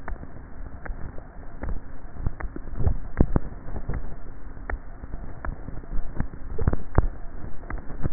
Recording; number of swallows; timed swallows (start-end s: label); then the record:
swallowing sounds by neck microphone; 2
2.55-3.22 s: swallow
6.28-7.08 s: swallow
From the record:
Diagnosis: dysphagia